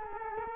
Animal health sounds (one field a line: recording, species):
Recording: mosquito wingbeat signal from an infrared sensor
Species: Culex quinquefasciatus